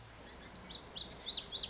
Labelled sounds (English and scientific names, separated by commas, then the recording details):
Lazuli Bunting (Passerina amoena)
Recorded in Sonoma County, California